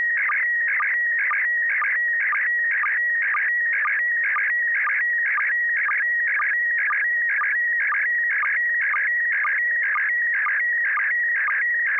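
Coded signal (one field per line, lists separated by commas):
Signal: SSTV (slow-scan television)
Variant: PD120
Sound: warbling, chirping tones with a steady high whistle and regular low blips, about two per second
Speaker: okay uh very good we'll go ahead and send the picture it's going to be [Music] pd120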